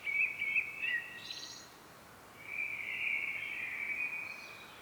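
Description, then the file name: Common blackbird song: a brief whistled phrase with a thin high ending, a pause, then a longer mellow warble. "Turdus merula"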